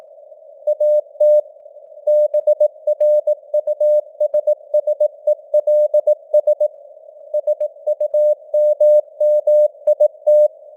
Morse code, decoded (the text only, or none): AT BRUSSELS SUMMIT